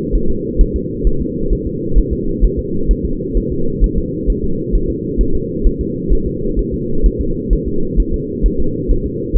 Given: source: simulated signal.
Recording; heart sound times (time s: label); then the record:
fetal heart sounds
0.15 s: S1
0.30 s: S2
0.61 s: S1
0.76 s: S2
1.07 s: S1
1.21 s: S2
1.53 s: S1
1.67 s: S2
1.98 s: S1
2.13 s: S2
2.44 s: S1
2.59 s: S2
2.91 s: S1
3.05 s: S2
3.37 s: S1
3.52 s: S2
3.84 s: S1
3.98 s: S2
4.30 s: S1
4.44 s: S2
4.75 s: S1
4.90 s: S2
5.21 s: S1
5.35 s: S2
5.66 s: S1
5.81 s: S2
6.12 s: S1
6.27 s: S2
6.59 s: S1
6.74 s: S2
7.06 s: S1
7.21 s: S2
7.53 s: S1
7.68 s: S2
8.00 s: S1
8.14 s: S2
8.46 s: S1
8.60 s: S2
8.91 s: S1
9.06 s: S2
9.37 s: S1
From the record:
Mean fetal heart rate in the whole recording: 130 bpm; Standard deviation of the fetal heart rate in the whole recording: 2 bpm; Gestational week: 36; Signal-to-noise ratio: -8.1 dB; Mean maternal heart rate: 72 bpm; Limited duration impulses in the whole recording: absent